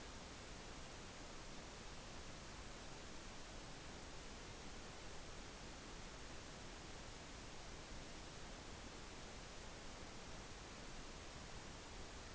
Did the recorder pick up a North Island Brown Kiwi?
no